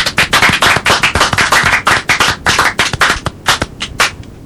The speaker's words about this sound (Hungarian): szépen tapsol neki.